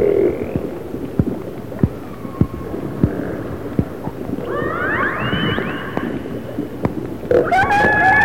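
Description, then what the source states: Orca calls, soft steady tones at first with regular sharp clicks, then rising harmonic calls and a loud sweeping call at the end, over underwater hiss. Resident orcas of the A clan.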